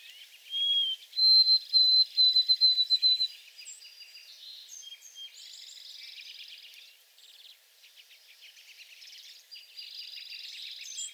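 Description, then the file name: White-throated sparrow song: a clear whistled opening note, then a steady series of higher whistled notes. Buzzy chips and trills from other birds follow. Recorded 28 April 2022 in the back shrubs. "2022-04-28 White-throated Sparrow in back shrubs"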